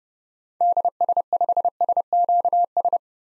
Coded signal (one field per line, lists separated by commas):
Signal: Morse code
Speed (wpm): 30 wpm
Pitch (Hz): 700 Hz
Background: none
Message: DS5SQS